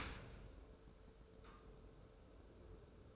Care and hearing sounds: daily activity, microphone in the room; open dishwasher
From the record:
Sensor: 2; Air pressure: 1014.8 hPa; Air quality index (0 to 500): 25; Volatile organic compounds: 1 ppm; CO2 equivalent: 505 ppm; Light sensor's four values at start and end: 10/22/9/9 and 10/22/9/9

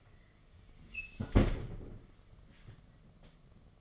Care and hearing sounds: daily activity, microphone in the room; close fridge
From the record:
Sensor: 4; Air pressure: 1015.8 hPa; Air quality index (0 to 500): 186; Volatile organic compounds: 9 ppm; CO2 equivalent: 2146 ppm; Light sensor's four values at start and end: 13/29/12/14 and 15/35/15/15

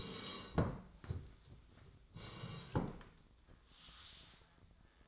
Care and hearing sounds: daily activity, microphone in the room; sit down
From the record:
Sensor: 3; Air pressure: 1012.2 hPa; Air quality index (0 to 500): 175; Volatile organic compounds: 3 ppm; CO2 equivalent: 1340 ppm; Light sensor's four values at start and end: 65/161/72/78 and 106/238/111/132

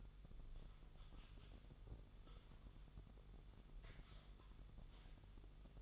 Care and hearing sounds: daily activity, microphone in the room; typing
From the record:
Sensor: 4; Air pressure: 989.6 hPa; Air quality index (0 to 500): 226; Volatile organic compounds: 87 ppm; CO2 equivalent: 3660 ppm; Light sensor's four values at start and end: 26/91/33/35 and 26/91/33/35

